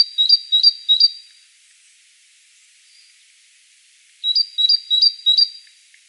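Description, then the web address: Great tit repeating bright, high two-note phrases in two groups of three to four, separated by about three seconds of quiet. "SETE data Parus major"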